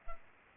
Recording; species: mosquito wingbeat signal from an infrared sensor; Aedes albopictus